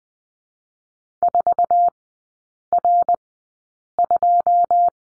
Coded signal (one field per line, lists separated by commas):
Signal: Morse code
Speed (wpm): 20 wpm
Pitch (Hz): 700 Hz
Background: none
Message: 4 R 2